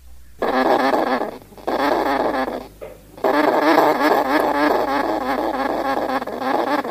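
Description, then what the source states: Edible dormouse calling: long bursts of harsh, rasping, wavering chatter, broken by a few short gaps, continuing to the end. Played-back sound library recording.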